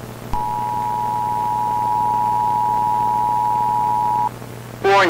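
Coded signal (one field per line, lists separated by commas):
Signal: Emergency Alert System (SAME) tones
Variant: 853 and 960 Hz attention tone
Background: speech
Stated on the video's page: Fictional EAS scenario, a made-up recreation, not a real alert.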